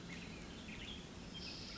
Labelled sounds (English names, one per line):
Western Tanager